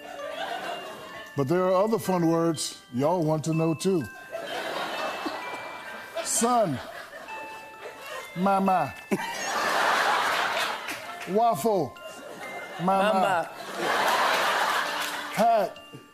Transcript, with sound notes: But there are other fun words y'all want to know, too.
(LAUGHTER)
Sun, mama.
(LAUGHTER)
Waffle, mama.
Mama.
(LAUGHTER)
Hat,